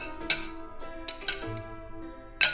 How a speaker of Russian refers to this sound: Снова послышался звон чокающихся бокалов, а затем надолго повисла тишина.